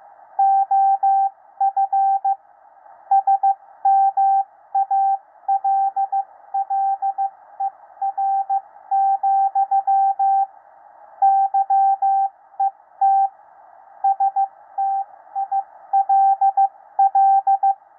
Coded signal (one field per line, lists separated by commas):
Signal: Morse code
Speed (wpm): 15 wpm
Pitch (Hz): 780 Hz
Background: radio noise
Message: OF SMALLER, YET STILL